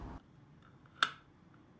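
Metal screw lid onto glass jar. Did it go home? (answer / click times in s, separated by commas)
yes / 1.0 s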